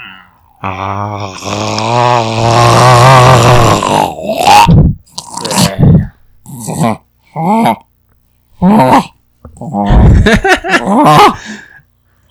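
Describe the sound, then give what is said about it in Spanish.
A voice imitates a hippopotamus with a long, low, wavering groan, then a run of short, choppy grunts and snorts in an uneven rhythm, fairly loud throughout. “Amigo hipo, ¿qué dices? Oh, sí, muy bien. Ándale, eso se parece más.”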